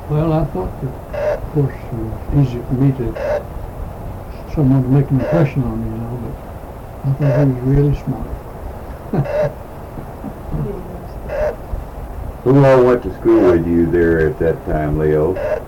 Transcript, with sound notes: Well, I thought that--of course, it was easy for me to somehow make an impression on me, you know, but I thought he was really smart. (laughs)
[Inaudible.] Who all went to school with you there at that time, Leo?